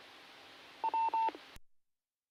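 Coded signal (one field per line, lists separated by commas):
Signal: none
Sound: repeater courtesy tone beeps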